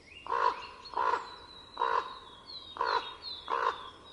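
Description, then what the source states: Common raven calling five harsh, hollow croaks, each under a second apart. Winter.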